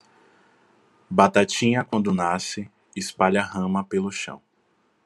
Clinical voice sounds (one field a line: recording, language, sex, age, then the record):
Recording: short text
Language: Brazilian Portuguese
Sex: male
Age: 20 to 29 years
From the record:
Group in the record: control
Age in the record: 27 years